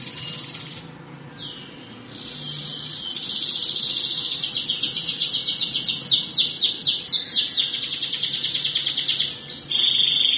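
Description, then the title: Canary singing a sustained high trill, a brief pause, another trill, then a long run of rapid repeated rolling notes. "Kenari"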